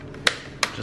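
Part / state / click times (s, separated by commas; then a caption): plastic display bezel into laptop lid / seated / 0.3 s, 0.6 s. A plastic screen bezel on a Lenovo ThinkPad T530 is pressed down around a new LCD, working along the edge of the laptop lid. Two sharp clicks are heard at 0.3 s and 0.6 s as its retaining clips snap into the lid, and the bezel is seated.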